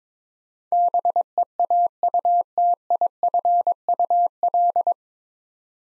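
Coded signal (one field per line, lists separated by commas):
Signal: Morse code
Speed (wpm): 22 wpm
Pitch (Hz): 700 Hz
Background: none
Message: BEAUTIFUL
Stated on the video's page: Morse practice set at 22 wpm building 9-letter words three letters at a time, for instant character recognition training.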